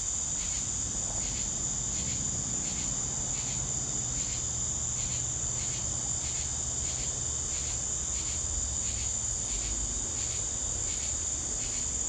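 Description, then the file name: Crickets chirping in a steady high shrill drone, with softer pulsed chirps repeating and a faint low rumble underneath. Crickets on a southern summer evening. "Southern Summer Evening Ambience With Crickets"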